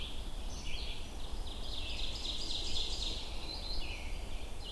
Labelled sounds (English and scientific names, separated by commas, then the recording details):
Ovenbird (Seiurus aurocapilla) song
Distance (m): 50 m
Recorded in boreal forest in Alberta, Canada, on 22 June 2016 at 05:36
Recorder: SongMeter 3, array SBT-6-76
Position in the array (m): 33 m, 10 m
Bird 2